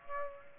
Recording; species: mosquito wingbeat signal from an infrared sensor; Aedes aegypti